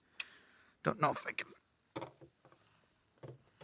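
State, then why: Not seated. A compression latch on a plywood platform extension is handled, with short, sharp taps and knocks as someone talks over it. The clip ends before the latch snaps closed, and nothing has seated or clicked yet.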